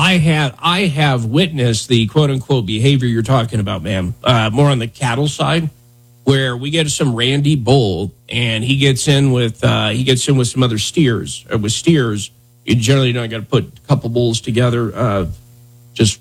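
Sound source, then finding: Adult male speaker. Normal speech.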